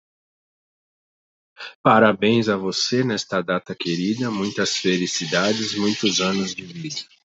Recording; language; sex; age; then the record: short text; Brazilian Portuguese; male; 40 to 49 years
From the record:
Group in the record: control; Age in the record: 41 years